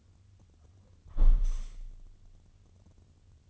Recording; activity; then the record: daily activity, microphone in the room; close window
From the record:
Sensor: 4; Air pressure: 1001.2 hPa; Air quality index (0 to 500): 178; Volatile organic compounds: 2 ppm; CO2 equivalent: 1272 ppm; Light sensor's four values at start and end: 12/28/11/12 and 12/28/11/12